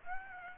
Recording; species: mosquito wingbeat signal from an infrared sensor; Aedes aegypti